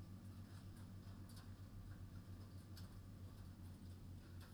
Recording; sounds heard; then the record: poultry house recording; no chicken sound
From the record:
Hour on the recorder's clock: 21